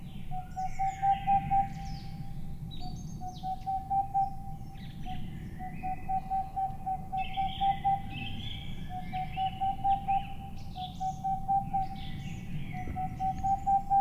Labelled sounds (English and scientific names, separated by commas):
Boreal Owl (Aegolius funereus)